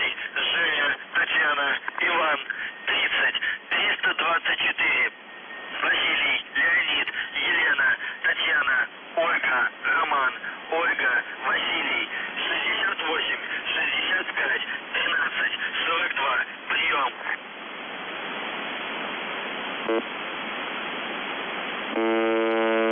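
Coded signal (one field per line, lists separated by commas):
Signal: numbers station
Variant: UVB-76 voice message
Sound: male voice speaking over shortwave radio, then static, ending with a short buzz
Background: radio static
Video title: The Buzzer/UVB-76 Voice Message March 18, 2021 07:22 UTC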